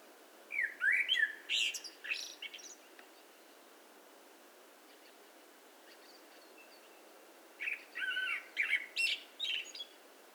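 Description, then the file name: Eurasian blackbird song, two phrases mixing warbled mid-pitched whistles with scratchy high squeaks, a quiet gap of several seconds between them, faint steady noise throughout. "Turdus merula"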